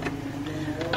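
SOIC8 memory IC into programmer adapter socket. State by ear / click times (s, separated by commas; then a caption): seated / 0.8 s, 0.9 s. An 8-pin SOIC 512 KB 3.3 memory/firmware IC, for a Samsung PA43H4500AWPXD plasma TV (TD02 PDP_NT14, board BN41-02109A), is placed into a programmer's adapter socket, and the socket is closed and locked over it. Over a steady low hum, two short clicks sound at 0.8 s and 0.9 s, the second louder. The IC is seated and locked in the socket.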